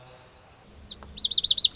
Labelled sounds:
Lazuli Bunting (Passerina amoena)
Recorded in Sonoma County, California

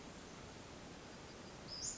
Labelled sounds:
Western Flycatcher (Empidonax difficilis)
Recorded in Sonoma County, California

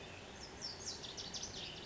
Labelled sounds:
Lazuli Bunting (Passerina amoena)
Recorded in Sonoma County, California

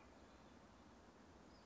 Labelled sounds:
Western Flycatcher (Empidonax difficilis)
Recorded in Sonoma County, California

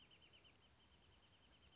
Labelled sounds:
Wrentit (Chamaea fasciata)
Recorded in Sonoma County, California

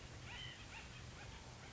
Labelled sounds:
White-breasted Nuthatch (Sitta carolinensis)
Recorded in Sonoma County, California

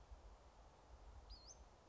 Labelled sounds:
Western Flycatcher (Empidonax difficilis)
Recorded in Sonoma County, California

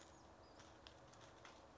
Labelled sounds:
Western Flycatcher (Empidonax difficilis)
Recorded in Sonoma County, California

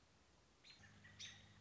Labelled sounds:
American Robin (Turdus migratorius)
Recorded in Sonoma County, California

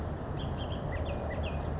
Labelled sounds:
Bullock's Oriole (Icterus bullockii)
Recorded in Sonoma County, California

